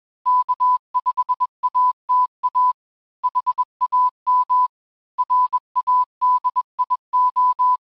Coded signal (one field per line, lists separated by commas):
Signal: Morse code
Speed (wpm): 21 wpm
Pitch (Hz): 1000 Hz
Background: music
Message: K5ATA HAM RADIO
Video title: Remote Programming a Radio Using Raspberry Pi and VNC